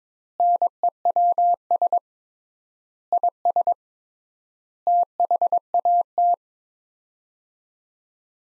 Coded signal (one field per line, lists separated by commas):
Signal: Morse code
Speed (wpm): 22 wpm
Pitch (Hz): 700 Hz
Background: none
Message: NEWS IS THAT